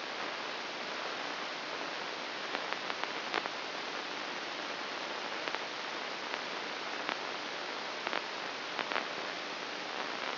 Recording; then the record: brain microelectrode recording played as sound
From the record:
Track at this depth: inside the subthalamic nucleus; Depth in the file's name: 2.804 mm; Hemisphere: right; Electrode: 2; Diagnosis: Parkinson's disease